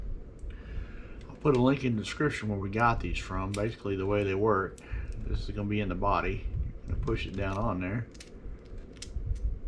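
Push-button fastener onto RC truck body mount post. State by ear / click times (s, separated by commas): seated / 9.0 s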